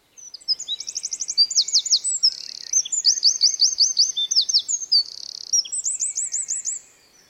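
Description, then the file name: Eurasian wren song: a loud, fast stream of high, sharp notes with rattling trills and buzzy bursts, lasting about six and a half seconds without a pause. "Troglodytes troglodytes"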